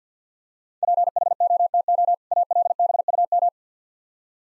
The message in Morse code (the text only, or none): PHOTO ALBUM